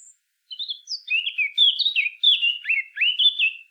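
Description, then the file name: Eurasian blackcap singing: a thin high note, a pause, then a rich warbling phrase of mellow whistles that grows louder and ends in loud fluty notes. "Sylvia atricapilla"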